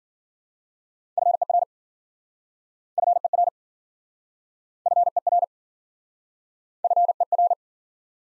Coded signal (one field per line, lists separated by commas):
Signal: Morse code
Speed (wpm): 52 wpm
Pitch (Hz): 700 Hz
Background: none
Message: FER FER FER FER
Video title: Top 20 QSO Elements - Speed-Racing - 40wpm